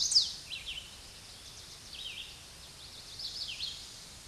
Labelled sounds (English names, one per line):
Red-eyed Vireo song